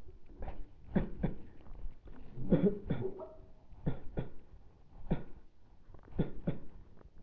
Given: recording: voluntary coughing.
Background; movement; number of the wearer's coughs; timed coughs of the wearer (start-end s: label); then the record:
a bystander coughing; sitting; 10
0.30-0.74 s: cough
0.93-1.21 s: cough
1.21-1.43 s: cough
2.49-2.87 s: cough
2.87-3.13 s: cough
3.85-4.16 s: cough
4.16-4.33 s: cough
5.08-5.25 s: cough
6.16-6.33 s: cough
6.45-6.73 s: cough
From the record:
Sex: male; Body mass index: 23.7 kg/m2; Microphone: on the chest, facing the body